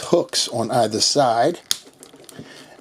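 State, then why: Seated. Someone talks, then a plastic hook or tentacle piece is pushed into a socket on the side of a plastic Marvel Legends Gargantos (Shuma-Gorath) Gamerverse Deluxe action figure body. Small clicks follow, with a sharp snap at 2.3 s as the hook seats in the socket.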